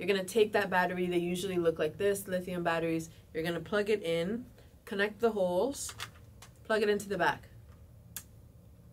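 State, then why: Seated. A lithium battery is lined up by its holes and plugged into the battery slot on the back of an on-camera LED light while someone talks. After the talking stops, a single sharp click sounds at 8.2 seconds as the battery seats in the light.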